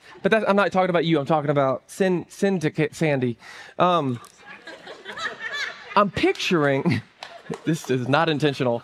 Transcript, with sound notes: But that's I'm not talking about you. I'm talking about S syndicate. Sandy. [laughter] I'm picturing this is not intentional.